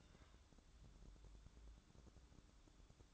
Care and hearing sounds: daily activity, microphone in the room; take from stove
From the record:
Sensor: 3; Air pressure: 1008.0 hPa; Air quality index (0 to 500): 119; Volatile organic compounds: 2 ppm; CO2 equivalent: 986 ppm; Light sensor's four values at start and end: 8/20/8/8 and 8/20/8/8

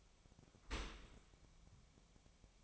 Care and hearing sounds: daily activity, microphone in the room; open dishwasher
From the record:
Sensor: 1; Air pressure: 1006.9 hPa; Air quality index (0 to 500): 206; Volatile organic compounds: 23 ppm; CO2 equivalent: 2776 ppm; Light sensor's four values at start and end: 12/32/12/14 and 12/31/12/14

